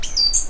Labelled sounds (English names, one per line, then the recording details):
Stitchbird song
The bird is a male
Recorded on Tiritiri Matangi Island, New Zealand, in 2005
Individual 2, of nest box 2